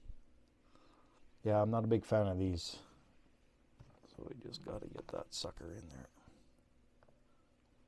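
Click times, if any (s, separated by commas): none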